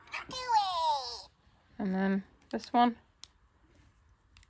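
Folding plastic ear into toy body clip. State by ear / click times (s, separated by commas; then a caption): not seated / none. Someone talks while handling a Furblet toy whose ears won't fold down, moving its second plastic ear toward the clip in the bottom corner of the toy body. A few faint, brief ticks follow the speech, but the ear has not yet been pressed home and nothing has clicked or seated.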